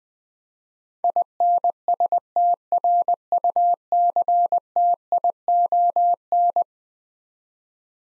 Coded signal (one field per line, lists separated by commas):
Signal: Morse code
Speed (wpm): 20 wpm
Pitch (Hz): 700 Hz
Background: none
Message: INSTRUCTION